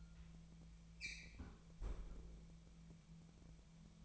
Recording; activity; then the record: daily activity, microphone in the room; close fridge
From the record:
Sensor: 1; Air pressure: 1000.1 hPa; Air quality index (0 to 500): 135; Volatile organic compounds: 2 ppm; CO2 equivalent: 1275 ppm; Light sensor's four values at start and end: 37/94/40/48 and 37/94/40/49